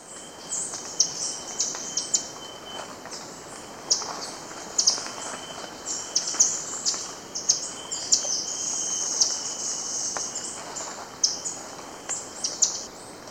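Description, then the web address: Blue-browed tanager calls as a busy run of thin, high twittering notes with brief pauses, over a continuous insect hum. Recorded in Ecuador. "Birds of Ecuador. Blue-browed Tanager"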